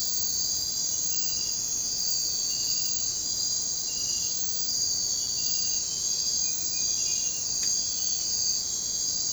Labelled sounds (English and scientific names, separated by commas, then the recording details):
none
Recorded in secondary vegetation near Puerto Asís, Putumayo, Colombia, on 13 March 2025 at 03:30
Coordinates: 0.484, -76.319
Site G010